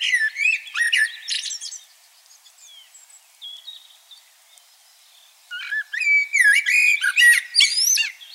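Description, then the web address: Common blackbird singing two loud phrases of fluted, sliding whistles with squeaky high flourishes, separated by a few seconds of quieter notes. "SETE data Turdus merula"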